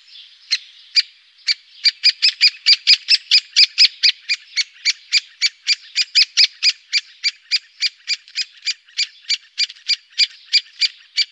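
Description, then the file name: Great spotted woodpecker calling with many short, sharp notes in a rapid, slightly uneven series throughout. "Storre hackspett"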